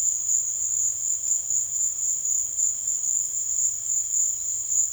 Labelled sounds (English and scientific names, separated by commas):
none